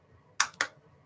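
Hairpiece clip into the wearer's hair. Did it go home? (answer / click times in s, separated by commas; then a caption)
yes / 0.4 s, 0.6 s. The small metal clip of a hairpiece is fastened into the wearer's hair and snaps into place. Two sharp, bright clicks land at 0.4 s and 0.6 s, with a faint tick just before the second, over a quiet background. The clip is seated.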